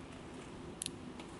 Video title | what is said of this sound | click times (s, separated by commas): Dexcom G6: Initial Set Up! | a very faint click and | 0.9 s